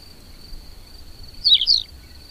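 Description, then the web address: Tawny pipit giving a single short, bright two-note phrase over a steady high tone, with faint low rumble beneath. "agykontroll Madardalok Cd 2. Parlagi pityer"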